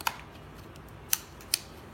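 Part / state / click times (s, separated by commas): plastic logo insert into the device housing / seated / 1.1 s, 1.5 s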